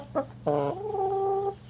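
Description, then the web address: Chicken hen clucking: a short clipped note, then a longer drawn-out, steady, slightly nasal tone lasting about a second. Highliner Brown hen clucking. "Sound Effects-Foundation 1 BIRD CHICKEN HIGHLINER BROWN CLUCK"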